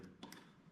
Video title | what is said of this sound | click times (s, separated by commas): A Stain Upon Our Build. Fixing our Acid Stained Floors | to hold it on properly so this thing shouldn't go anywhere it snaps back in | 0.2 s